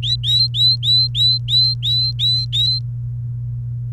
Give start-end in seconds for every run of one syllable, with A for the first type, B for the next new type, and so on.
0.03-2.79 A